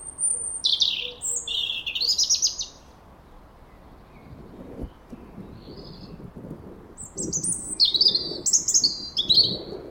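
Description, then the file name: European robin song: two phrases of high, sweet, warbling and trilling notes separated by a pause, with soft low rustling in the middle. "Erithacus rubecula"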